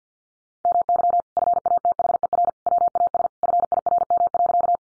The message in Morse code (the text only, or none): MY FATHER WAS FIRM.